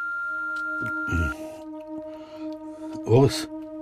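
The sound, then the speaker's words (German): An answering machine beep: a steady, sustained electronic tone with layered pitches that holds for several seconds, while brief bursts of a voice break in over it. “Hinterlassen Sie gute Nachrichten nach dem Piepston.”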